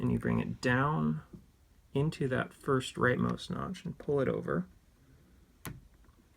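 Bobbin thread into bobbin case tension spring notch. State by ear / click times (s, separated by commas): seated / 5.6 s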